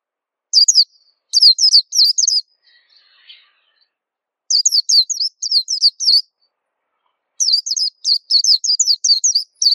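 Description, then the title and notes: White-eye song: several bursts of rapid, high, slurred chirping notes, with a faint lower sound in one pause. Local name pleci; described as a long, melodious song. "Kicau Burung Pleci ampuh. suara burung pleci merdu panjan"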